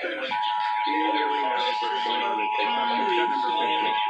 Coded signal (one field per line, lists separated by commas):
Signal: Emergency Alert System (SAME) tones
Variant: 853 and 960 Hz attention tone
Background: speech, music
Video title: Los Angeles Required Monthly Tests (EAS #1287-1318) 8/27/19